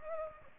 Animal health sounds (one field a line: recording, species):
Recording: mosquito wingbeat signal from an infrared sensor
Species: Culex pipiens